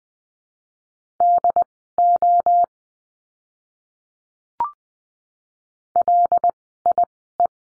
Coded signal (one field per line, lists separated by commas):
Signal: Morse code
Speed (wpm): 20 wpm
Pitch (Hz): 700 Hz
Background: none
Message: DO LIE